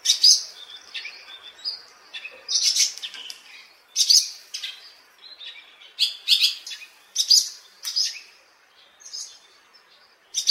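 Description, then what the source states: Barn Swallow giving a lively, continuous twitter of squeaky, scratchy notes, broken into irregular phrases with short pauses. Japanese saying holds that business prospers when swallows build a nest.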